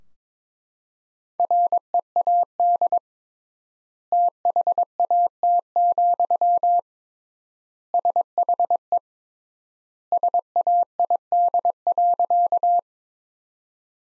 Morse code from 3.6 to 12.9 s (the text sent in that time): THAT, SHE SAID.